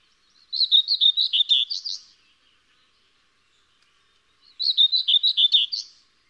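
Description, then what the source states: Common whitethroat giving two hurried scratchy song phrases of several quick notes each, ending on a higher note, with a quiet gap between them. Variant form.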